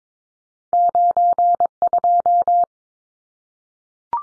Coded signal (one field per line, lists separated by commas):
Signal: Morse code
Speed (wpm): 22 wpm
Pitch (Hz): 700 Hz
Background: none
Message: 92